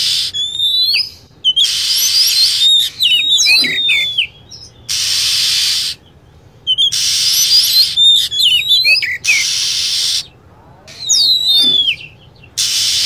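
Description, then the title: Lovebird squeaky chirps, high and falling, given in irregular bunches, with recurring blocks of loud hissing noise. Lure recording used to attract birds. "PIKAT BURUNG LOVEBIRD"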